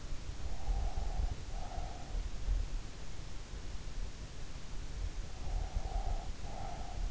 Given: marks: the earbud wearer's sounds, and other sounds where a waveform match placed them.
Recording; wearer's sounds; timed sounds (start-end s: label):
sounds in sleep by an in-ear microphone; breath
0.29-2.32 s: breath
5.46-7.11 s: breath